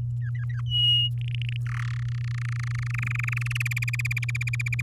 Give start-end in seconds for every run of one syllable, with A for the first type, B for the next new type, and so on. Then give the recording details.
0.21-0.62 A, 0.66-1.09 B, 1.17-1.56 C, 1.66-1.97 D, 1.99-3.62 E, 3.65-4.81 F. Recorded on 10 May 2018 at 05:31. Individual llb16